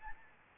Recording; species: mosquito wingbeat signal from an infrared sensor; Aedes albopictus